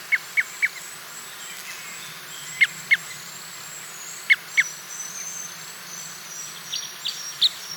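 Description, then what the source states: Red crossbill calls: a quick burst of three sharp notes, then two spaced pairs, followed by fainter higher chips near the end over a constant hiss. Red crossbill of call type N.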